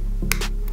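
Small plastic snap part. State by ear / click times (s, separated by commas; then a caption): seated / 0.3 s. The upper half of a plastic scale airliner model's tail (a Yak-40 kit by Zvezda) is pressed onto its mating lower tail half. A small sharp click at 0.3 s marks the part snapping into place over steady background music, and the tail half is seated.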